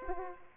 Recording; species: mosquito wingbeat signal from an infrared sensor; Aedes aegypti